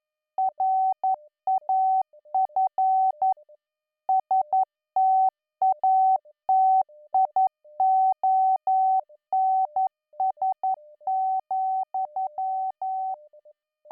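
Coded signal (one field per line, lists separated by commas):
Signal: Morse code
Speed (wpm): 11 wpm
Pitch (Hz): 760 Hz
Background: none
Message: RAF STATIONS,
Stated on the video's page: Graded Morse training, 10 to 12wpm, for subconscious learning, with simulated interference, local oscillator drift and signal strength variation.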